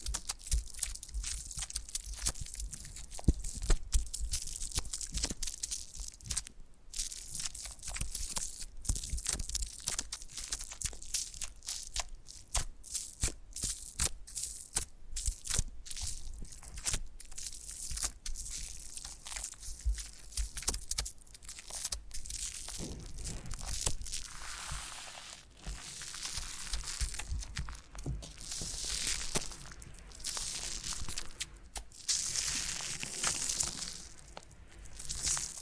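Foam being massaged, with a dense run of crackles, pops and squeaky crunches that never let up. The sharp clicks are bright and irregular, and after about 23 seconds a softer, hissing froth swells and fades between the crackles.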